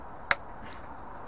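An adapter is refitted into the return manifold of a Worcester Greenstar boiler, giving a single sharp, bright click at 0.3 s over a faint steady background hiss. The adapter clicks back in and is seated, though only this one click is heard and it is uncertain which of several expected clicks it is.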